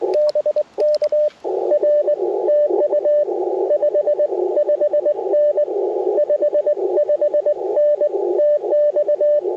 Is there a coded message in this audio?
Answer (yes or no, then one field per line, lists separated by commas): yes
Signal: Morse code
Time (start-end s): 0.1-9.4 s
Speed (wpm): 22 wpm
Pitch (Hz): 590 Hz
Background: radio noise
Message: BK R TU 55N 55N TX